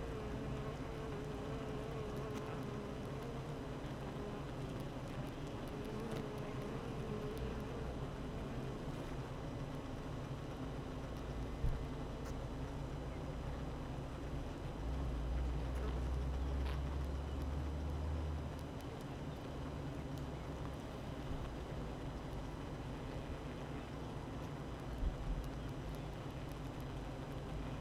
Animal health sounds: honeybee colony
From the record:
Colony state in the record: active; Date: 12 June 2018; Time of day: 8:18

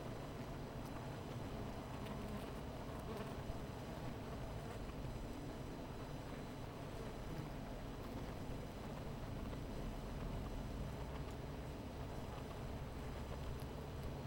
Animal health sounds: honeybee colony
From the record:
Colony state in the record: missing queen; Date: 14 July 2017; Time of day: 16:59

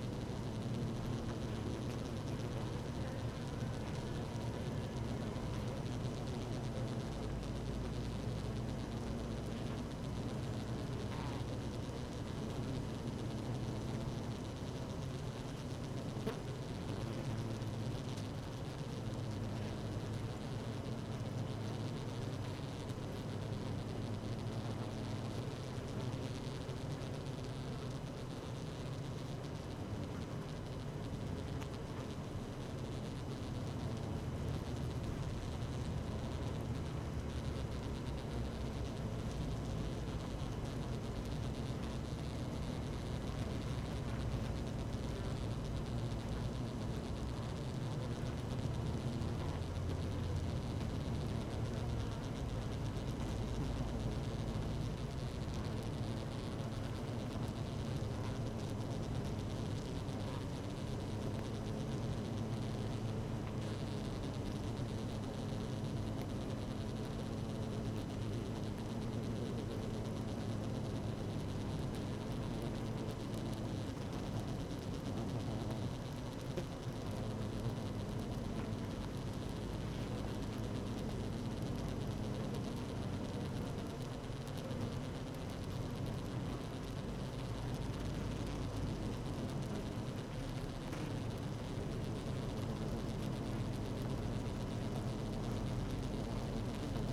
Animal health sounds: honeybee colony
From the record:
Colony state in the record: active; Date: 12 June 2018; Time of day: 16:14

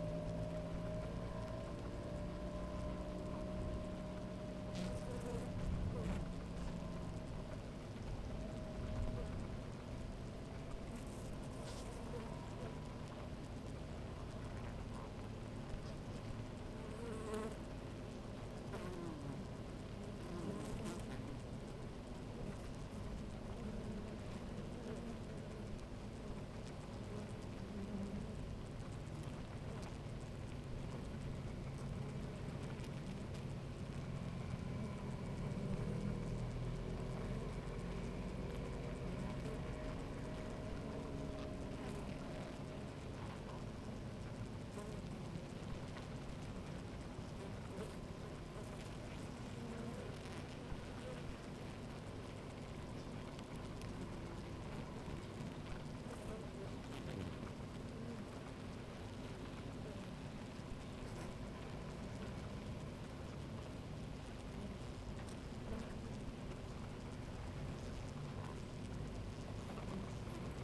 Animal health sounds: honeybee colony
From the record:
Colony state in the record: active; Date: 28 July 2017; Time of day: 10:36

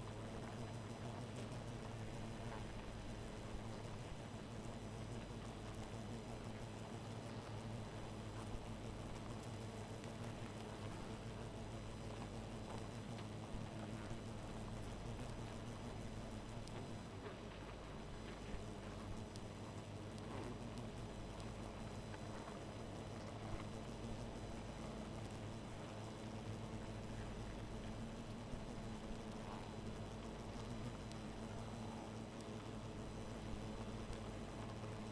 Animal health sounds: honeybee colony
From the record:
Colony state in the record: missing queen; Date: 14 July 2017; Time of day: 1:46

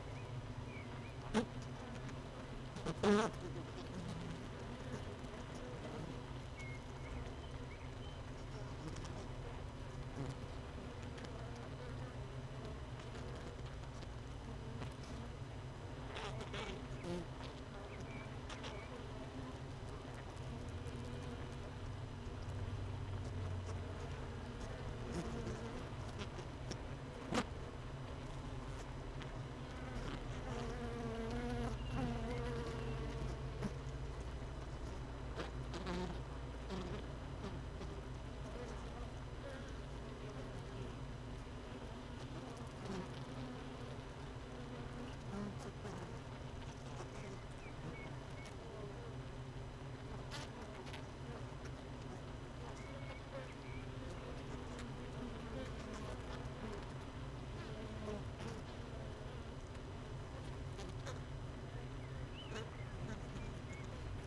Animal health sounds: honeybee colony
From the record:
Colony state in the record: missing queen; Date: 31 May 2018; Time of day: 16:48

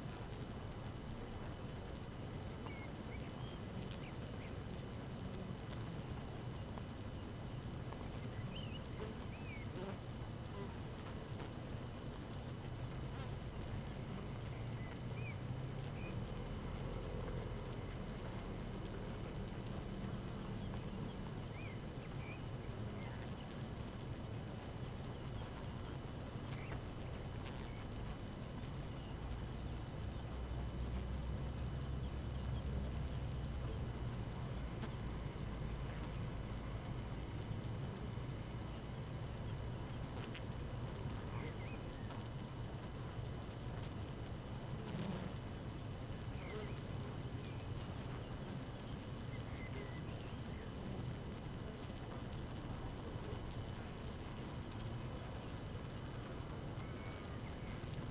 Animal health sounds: honeybee colony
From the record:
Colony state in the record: active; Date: 12 June 2018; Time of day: 5:26

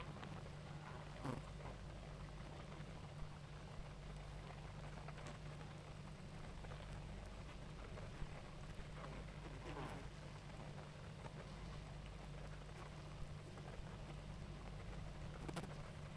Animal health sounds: honeybee colony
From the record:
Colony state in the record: active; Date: 28 July 2017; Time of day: 19:00

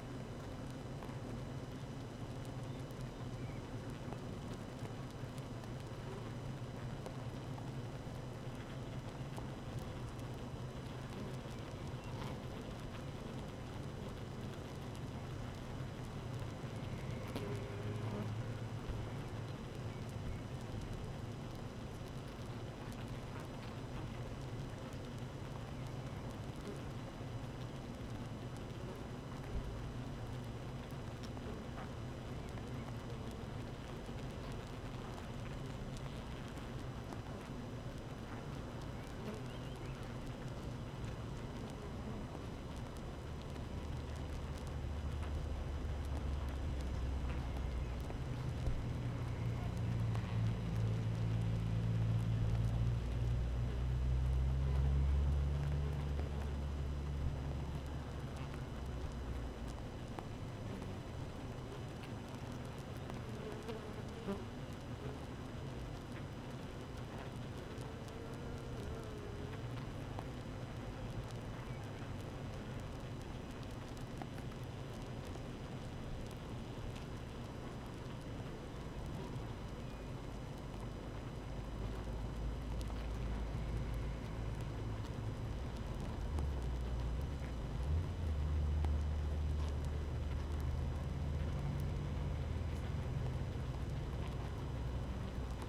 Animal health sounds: honeybee colony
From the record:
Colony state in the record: active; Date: 12 June 2018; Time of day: 7:24

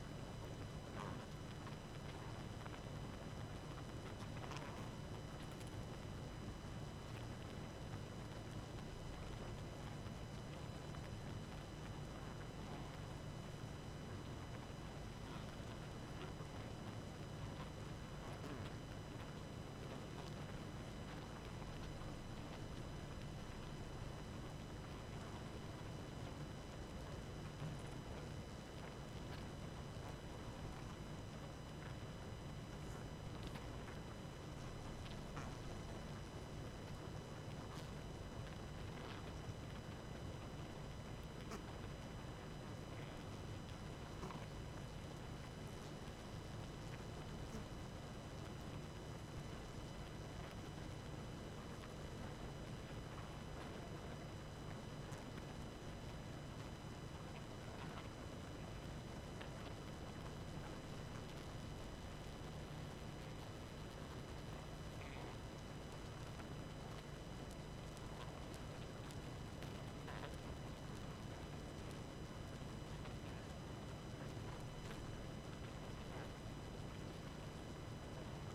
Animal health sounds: honeybee colony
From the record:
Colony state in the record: active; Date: 12 June 2018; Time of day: 22:45

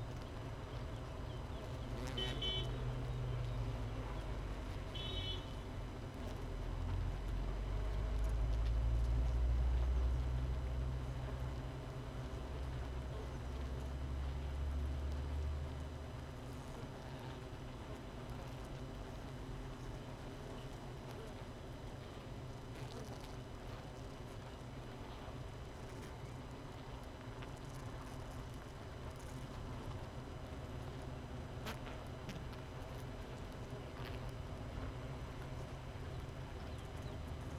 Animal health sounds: honeybee colony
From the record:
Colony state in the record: missing queen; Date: 31 May 2018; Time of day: 5:52

